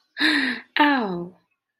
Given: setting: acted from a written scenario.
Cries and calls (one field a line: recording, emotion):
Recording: vocal sound without words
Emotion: pain